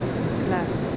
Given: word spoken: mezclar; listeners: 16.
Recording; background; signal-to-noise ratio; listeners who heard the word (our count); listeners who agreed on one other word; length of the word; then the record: one Spanish word in noise, from a listening test; speech-shaped noise; -5.2 dB; 0 of 16; 6 of 16; 0.56 s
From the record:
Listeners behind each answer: 6, 3, 1, 1, 1, 1, 1, 1, 1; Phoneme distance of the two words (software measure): 27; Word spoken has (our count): 2 syllables, 7 phonemes, stress on syllable 2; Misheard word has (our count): 2 syllables, 6 phonemes, stress on syllable 2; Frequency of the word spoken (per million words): 14.04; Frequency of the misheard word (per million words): 0.32